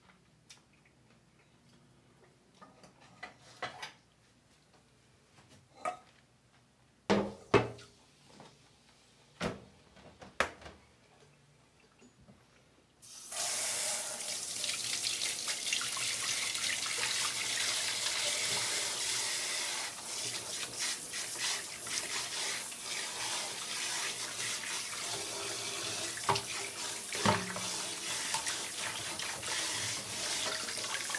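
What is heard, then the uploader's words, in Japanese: Pork and onions being stir-fried with barbecue sauce. For the first thirteen seconds the kitchen is quiet apart from scattered sharp clicks and knocks of utensils. Then food hits the hot pan and a loud, dense, steady sizzle takes over, with occasional clatters through it. お弁当作り。豚肉と玉ねぎの、焼肉のタレ炒めを作っているところです。弁当箱はタッパーです。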